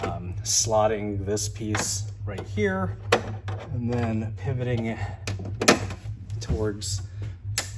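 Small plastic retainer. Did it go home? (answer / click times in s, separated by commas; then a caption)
yes / 7.6 s. A plastic trunk lid release retainer piece on a 2005 BMW 325xi (E46) is slotted into the trunk lid opening and pivoted toward the bottom of the opening while someone talks. It snaps into place with a single sharp click at 7.6 s. Earlier handling knocks are heard around 5.6–5.7 s.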